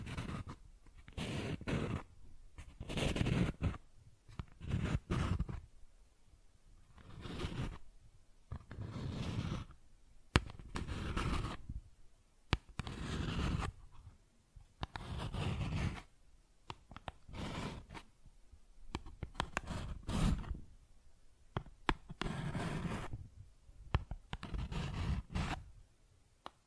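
Cardboard is scratched and torn in irregular bursts, dry rasping strokes coming every second or so with brief quiet gaps between them.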